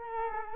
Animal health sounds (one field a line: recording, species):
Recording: mosquito wingbeat signal from an infrared sensor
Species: Culex quinquefasciatus